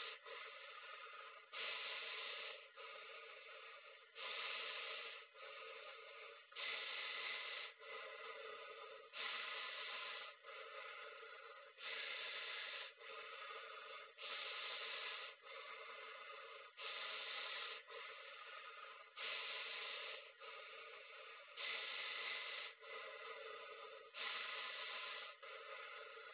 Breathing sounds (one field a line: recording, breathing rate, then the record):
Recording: paced breathing near a phone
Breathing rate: 24 breaths a minute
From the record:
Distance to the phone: 20 cm